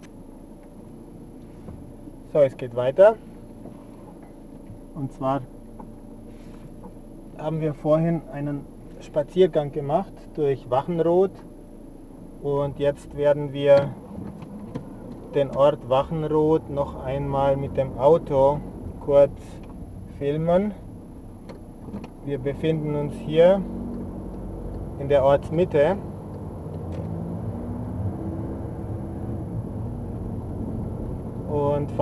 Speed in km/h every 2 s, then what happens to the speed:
0, 0, 0, 0, 0, 0, 0, 0, 10, 10, 4, 10, 22, 24, 26, 29.
0-14 standing. 14-32 pulls away to 29.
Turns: none.